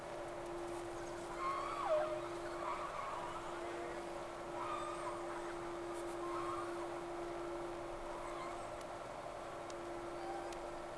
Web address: Sea Snake 10-3-06 Whales X 2 11-30 Round 1